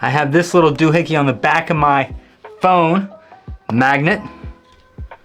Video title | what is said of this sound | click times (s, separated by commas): What's in my Camera Bag? | It snaps right in, checks the phone, balances everything, makes sure it's stable. | 5.1 s